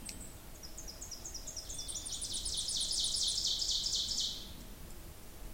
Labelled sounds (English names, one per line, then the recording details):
Ovenbird song
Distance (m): 40 m
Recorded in boreal forest in Alberta, Canada, on 26 May 2016 at 07:02
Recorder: SongMeter 3, array SBT-3-15
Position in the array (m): 41 m, 279 m
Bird 20